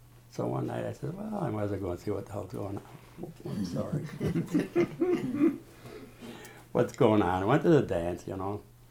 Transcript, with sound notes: so one night I says, well, I might as well go and see what the hell's going on. Sorry. (they all laugh) What's goin' on. Went to the dance, you know.